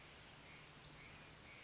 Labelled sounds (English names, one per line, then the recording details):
Western Flycatcher
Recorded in Sonoma County, California